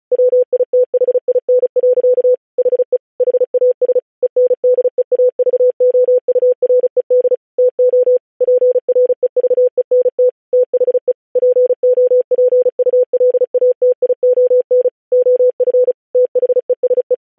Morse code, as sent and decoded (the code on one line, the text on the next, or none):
.-- .. - .... .. -. .-.-.- / .... . / .... .- ... / . -. -.. . .- ...- --- ..- .-. . -.. / - --- / .--. .-. . ...- . -. - / - .... . / .--. --- .--. ..- .-.. .- - .. --- -. / --- ..-. / - .... . ... .
WITHIN. HE HAS ENDEAVOURED TO PREVENT THE POPULATION OF THESE